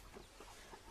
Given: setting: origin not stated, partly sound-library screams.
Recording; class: one-second piece from a danger detection set; normal situation